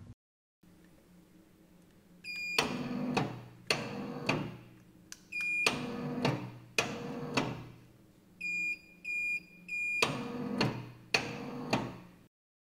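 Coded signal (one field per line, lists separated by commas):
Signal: beep code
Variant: roller shutter motor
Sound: whirring motor bursts and single beeps, then three short high beeps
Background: motor hum, small room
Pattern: 3 short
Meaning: Three beeps confirm the motor has accepted its programming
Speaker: motor bestätigt die programmierung mit drei pieptöne und ab und auf fahren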